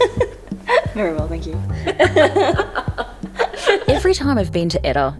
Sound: laugh in unison